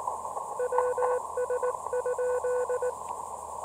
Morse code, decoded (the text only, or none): WS?